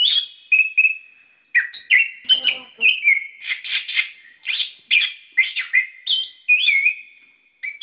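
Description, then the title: Bird song opening with a held whistle, then a steady stream of sharp chirps and warbled notes. "SuaraBurung Kicau4"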